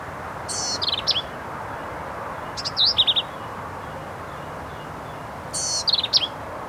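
Black-capped vireo song: three short, high, scratchy phrases with slurred whistled notes, delivered with pauses between them, steady background hiss.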